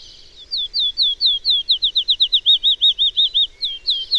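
Bird song: a quick run of high slurred notes, speeding up into a fast trill and ending with a new phrase.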